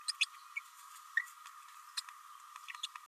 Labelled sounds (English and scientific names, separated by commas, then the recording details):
Green-rumped Parrotlet (Forpus passerinus) babbling
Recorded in a nest box in Venezuela
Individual 18B104A5